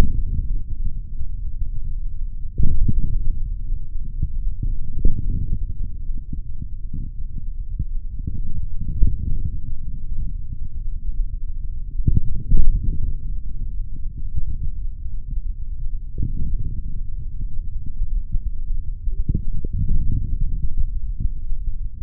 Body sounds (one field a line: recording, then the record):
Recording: forearm muscle sounds (acoustic myography)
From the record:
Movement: forearm supination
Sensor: system 3, bracelet of six PUI Audio POM-2738L microphones around the upper forearm, with dedicated amplification and filtering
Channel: 5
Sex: male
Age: 26 years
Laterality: right